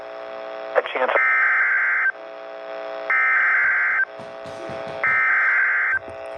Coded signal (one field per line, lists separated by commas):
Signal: Emergency Alert System (SAME) tones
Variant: header bursts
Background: speech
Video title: Before the Vacation (EAS Alerts from 12/20/23-12/21/23) (EAS #1,524-1,535)